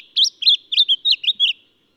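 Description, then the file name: Lemon-bellied flycatcher giving a rapid series of several high, slurred chirps, ending abruptly. "Microeca Flavigaster"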